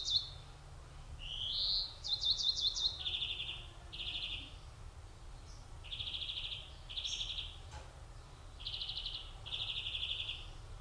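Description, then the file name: European greenfinch song with a rising wheeze, a quick twittered run, then a series of buzzy trilled phrases. "Chloris chloris"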